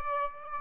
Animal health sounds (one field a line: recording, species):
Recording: mosquito wingbeat signal from an infrared sensor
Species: Aedes aegypti